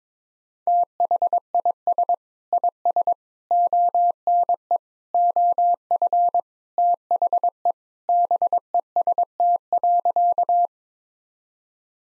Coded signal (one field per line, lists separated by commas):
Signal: Morse code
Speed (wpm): 22 wpm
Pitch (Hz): 700 Hz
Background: none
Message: THIS IS ONE OF THE BEST.